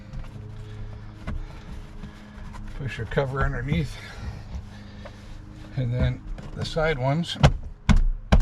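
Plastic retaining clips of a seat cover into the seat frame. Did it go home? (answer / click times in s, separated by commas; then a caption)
yes / 7.9 s, 8.3 s. On a 2013 Chevy Silverado driver's seat, the upholstery cover is being refitted after a manual lumbar repair, and its plastic side retaining clips are pushed onto the seat frame while someone talks. Two sharp snaps sound at 7.9 s and 8.3 s as the clips pop into place and seat.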